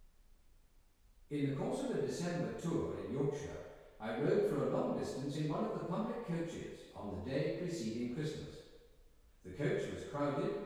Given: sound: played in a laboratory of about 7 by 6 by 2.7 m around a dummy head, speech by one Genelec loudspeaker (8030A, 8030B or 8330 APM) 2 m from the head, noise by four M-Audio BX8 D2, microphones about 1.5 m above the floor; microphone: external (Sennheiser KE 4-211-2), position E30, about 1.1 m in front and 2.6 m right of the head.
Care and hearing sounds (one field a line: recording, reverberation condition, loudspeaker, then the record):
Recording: male speech in English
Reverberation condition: high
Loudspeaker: 30 degrees to the right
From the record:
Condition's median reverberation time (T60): about 1300 ms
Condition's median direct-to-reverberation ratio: about -4.0 dB